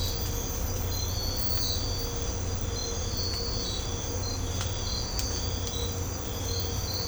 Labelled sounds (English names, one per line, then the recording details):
none
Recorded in secondary vegetation near Puerto Asís, Putumayo, Colombia, on 18 December 2024 at 05:30
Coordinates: 0.502, -76.326
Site G028